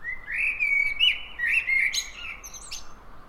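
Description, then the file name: Common blackbird delivering a continuous mellow warble of fluted notes, interspersed with brief sharp high squeaks, fading toward the end. "Turdus merula"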